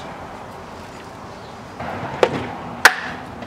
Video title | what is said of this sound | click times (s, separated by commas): Installing a Snorkel! [RedRock 4x4] | yeah there's a nice click | 2.8 s